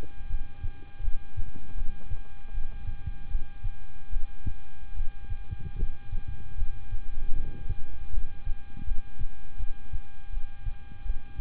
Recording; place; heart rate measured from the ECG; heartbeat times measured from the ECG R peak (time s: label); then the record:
heart sounds by stethoscope; between the tricuspid and mitral areas; 78 bpm
0.27 s: heartbeat
1.01 s: heartbeat
1.75 s: heartbeat
2.51 s: heartbeat
3.28 s: heartbeat
4.10 s: heartbeat
4.94 s: heartbeat
5.76 s: heartbeat
6.55 s: heartbeat
7.33 s: heartbeat
8.11 s: heartbeat
8.85 s: heartbeat
9.57 s: heartbeat
10.30 s: heartbeat
11.03 s: heartbeat
From the record:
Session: rest, lying down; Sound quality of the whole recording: good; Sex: male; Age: 26 years